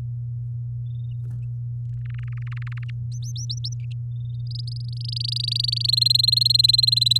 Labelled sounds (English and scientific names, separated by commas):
Domestic Canary (Serinus canaria) song